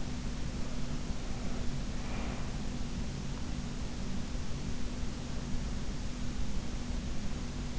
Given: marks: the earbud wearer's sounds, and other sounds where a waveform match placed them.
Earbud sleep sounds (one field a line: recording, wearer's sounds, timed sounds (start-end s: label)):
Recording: sounds in sleep by an in-ear microphone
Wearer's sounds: breath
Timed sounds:
1.30-2.80 s: breath